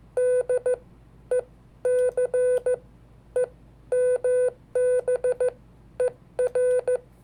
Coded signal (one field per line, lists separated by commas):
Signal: Morse code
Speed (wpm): 15 wpm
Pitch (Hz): 500 Hz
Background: none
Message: DECEMBER